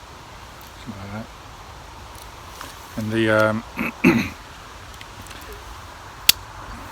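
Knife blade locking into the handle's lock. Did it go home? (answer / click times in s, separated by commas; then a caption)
yes / 6.3 s. Someone talks briefly while opening the blade of a locking Swiss army pocket knife, a Victorinox, until the liner lock engages. At 6.3 s the blade locks open into the handle's lock with one loud, sharp snap over quiet outdoor background.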